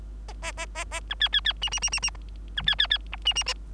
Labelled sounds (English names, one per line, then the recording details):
Bengalese Finch song
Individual Bird3